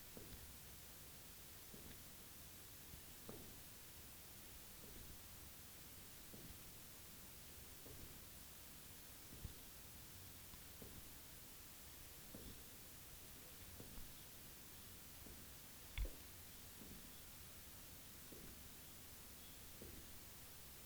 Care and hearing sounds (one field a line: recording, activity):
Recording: daily activity, guitar pickup as the sensor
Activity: jump